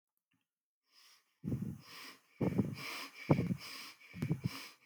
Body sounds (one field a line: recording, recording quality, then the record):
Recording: shallow breathing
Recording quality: excellent, no background noise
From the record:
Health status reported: healthy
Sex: male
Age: 20 years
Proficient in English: yes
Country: India